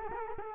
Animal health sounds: mosquito wingbeat signal from an infrared sensor; Culex quinquefasciatus

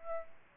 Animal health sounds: mosquito wingbeat signal from an infrared sensor; Aedes aegypti

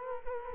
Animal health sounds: mosquito wingbeat signal from an infrared sensor; Culex quinquefasciatus

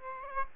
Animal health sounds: mosquito wingbeat signal from an infrared sensor; Aedes aegypti

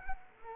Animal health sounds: mosquito wingbeat signal from an infrared sensor; Culex quinquefasciatus

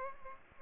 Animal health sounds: mosquito wingbeat signal from an infrared sensor; Aedes aegypti

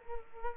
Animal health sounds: mosquito wingbeat signal from an infrared sensor; Culex quinquefasciatus

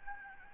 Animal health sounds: mosquito wingbeat signal from an infrared sensor; Aedes albopictus

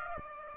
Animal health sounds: mosquito wingbeat signal from an infrared sensor; Aedes aegypti

